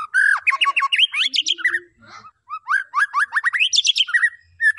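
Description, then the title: White-rumped shama song: fast, loud bursts of rising slurred whistles and chattering notes, a brief pause, then another energetic run of upward-sweeping notes. Lure to make the bird respond; the bird sings gacor, in full continuous song. "PANCINGAN MEWAH MURAI BATU GACOR, SEKALI DENGAR AMPUH LANGSUNG RESPON"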